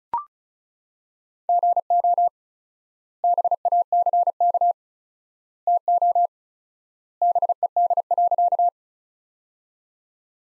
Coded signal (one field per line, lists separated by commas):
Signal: Morse code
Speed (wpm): 35 wpm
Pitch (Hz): 700 Hz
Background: none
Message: GO BACK TO BED.